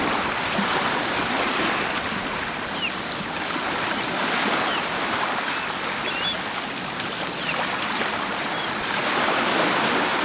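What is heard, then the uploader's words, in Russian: Waves on the Atlantic coast of Portugal make a steady, dense wash of rushing water, bright and hissy with a soft low rumble underneath. The level barely changes across the ten seconds, with only slight swells around the middle and near the end. Тропа рыбака в Португалии. Волны побережья. Запись сделана во время многодневного похода по тропе рыбака.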